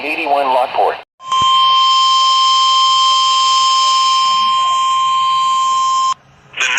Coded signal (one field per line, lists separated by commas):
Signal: Emergency Alert System (SAME) tones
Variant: 1050 Hz attention tone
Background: speech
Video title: I could've gotten more if I wasn't asleep. EAS Alerts From 6/29/23 (EAS 182-189)